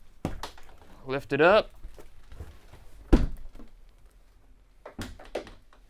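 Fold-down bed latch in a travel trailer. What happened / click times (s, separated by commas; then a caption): The latch clicked open / 0.2 s, 0.4 s. A small latch on the fold-down bed of a 2023 Rockwood Mini Lite 2104S travel trailer is pulled so the bed can be lifted back up, giving two sharp clicks at 0.3 and 0.4 seconds as the latch releases. Someone talks, and a few more short knocks follow near the end.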